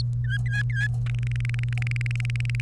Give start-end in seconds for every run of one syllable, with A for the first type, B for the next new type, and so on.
0.24-0.87 A, 1.14-2.60 B